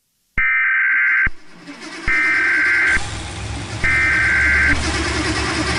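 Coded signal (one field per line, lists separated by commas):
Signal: Emergency Alert System (SAME) tones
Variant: header bursts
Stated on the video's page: Fictional EAS scenario; the alert did not happen in real life.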